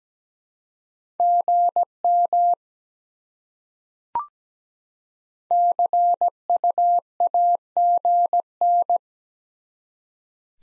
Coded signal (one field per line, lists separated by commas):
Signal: Morse code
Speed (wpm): 17 wpm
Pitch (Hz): 700 Hz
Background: none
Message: GM CUAGN